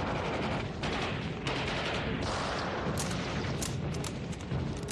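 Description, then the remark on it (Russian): Aimed rifle shots from a bolt-action rifle, its bolt worked methodically, crack repeatedly during a tank battle with tanks and infantry advancing. The shots ring over a dense, roaring wall of battle noise, with sharp bursts every second or so and a constant heavy rumble underneath; no voices. “Методично передергивая затвор винтовки, Звягинцев ведет прицельный огонь.”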